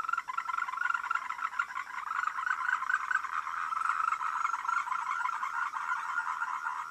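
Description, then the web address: A steady frog chorus of fast, buzzy overlapping croaks that holds at an even level throughout. "voice cam frogs"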